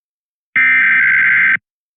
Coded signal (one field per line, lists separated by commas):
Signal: Emergency Alert System (SAME) tones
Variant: header bursts